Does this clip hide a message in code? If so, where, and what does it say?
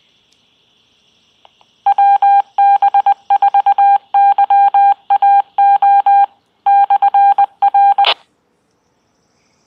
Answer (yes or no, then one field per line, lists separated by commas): yes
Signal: Morse code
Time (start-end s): 1.9-8.0 s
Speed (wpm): 20 wpm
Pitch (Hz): 800 Hz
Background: none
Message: WB4YAO /R